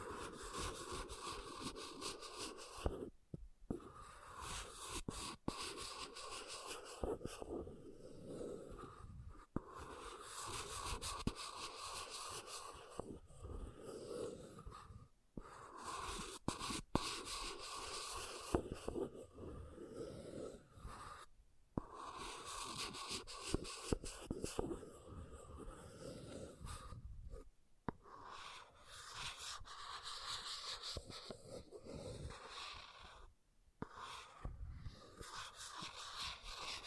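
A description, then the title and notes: An object scratches in dense, rough bursts across the whole clip, broken by brief silent gaps near 3, 15, 21 and 27 seconds. ASMR Brain Melting Object Scratching (No Talking).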